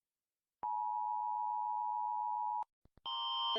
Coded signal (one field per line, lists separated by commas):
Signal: Emergency Alert System (SAME) tones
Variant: 853 and 960 Hz attention tone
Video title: EAS lore 1 (US-iPhone)